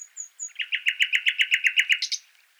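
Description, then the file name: Common nightingale song: thin high whistles, then a loud, even run of about a dozen rapid repeated notes closing with a short buzz. "Luscinia megarhynchos"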